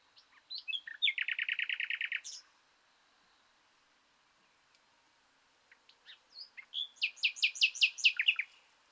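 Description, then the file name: Common nightingale song: a fast repeated rattling series, a pause, then scattered notes leading into another series of loud repeated sharp notes. "Luscinia megarhynchos"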